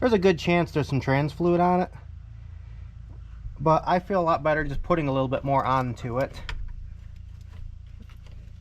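Someone talks while a little more transmission fluid is applied to the quick-connect fitting of a 2011 Silverado transmission cooler line, which is lined up before being pushed into the radiator port. After the talking, only a few faint, light handling taps are heard. Nothing has seated or clicked yet.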